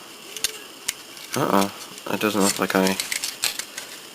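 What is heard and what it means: A small plastic part of a 1/24-style Doyusha 1969 Mitsubishi Colt Galant GSII plastic model kit is pressed into its mounting on the car body, giving light ticks at 0.4 s and 0.9 s. Someone talks, with more small ticks around 3.2–3.8 s, as the part turns out not to be fully pressed home and is removed.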